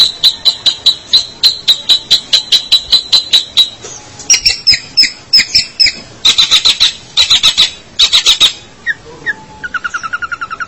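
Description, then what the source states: Long-tailed shrike song: sharp high notes repeated rapidly, then grating chattering bursts, ending with a fast lower trill. Local name pentet; labelled 201703.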